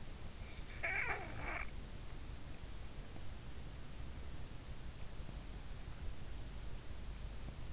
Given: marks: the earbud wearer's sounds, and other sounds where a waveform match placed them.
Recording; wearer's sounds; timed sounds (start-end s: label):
sounds in sleep by an in-ear microphone; snoring breath
0.37-2.89 s: snoring breath